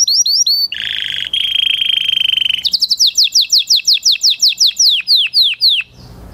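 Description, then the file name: Canary song opens with quick slurred notes and a steady buzzy trill, then a rapid run of loud down-slurred whistles. "Canary Voice"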